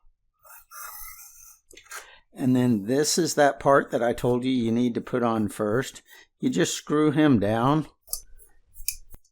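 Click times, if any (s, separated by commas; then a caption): 8.1 s, 8.9 s. A plastic twist-lock part is screwed onto a leg of a K&F Concept SA254T1 tripod until it engages, as part of a repair with 2-ton epoxy. Someone talks through most of the clip, and then sharp clicks at 8.1 s and 8.9 s mark the part clicking into place, seated.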